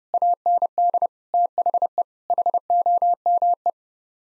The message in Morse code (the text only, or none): AND THE HOME